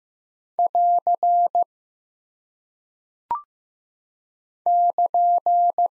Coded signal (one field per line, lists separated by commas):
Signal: Morse code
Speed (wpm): 15 wpm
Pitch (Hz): 700 Hz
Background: none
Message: <AR> <KN>